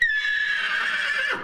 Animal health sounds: contact call of a hoofed animal; horse; whinny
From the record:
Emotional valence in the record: negative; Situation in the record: group separation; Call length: 1.44 s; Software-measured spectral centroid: 2550 Hz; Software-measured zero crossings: 3740 a second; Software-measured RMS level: -24 dBFS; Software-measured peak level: -10 dBFS

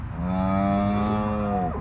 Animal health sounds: contact call of a hoofed animal; cattle; low-frequency (closed-mouth) or high-frequency (open-mouth) call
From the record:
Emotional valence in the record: negative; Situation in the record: full separation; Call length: 1.81 s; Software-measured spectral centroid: 1120 Hz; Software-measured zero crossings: 920 a second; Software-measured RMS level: -24 dBFS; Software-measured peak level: -11 dBFS

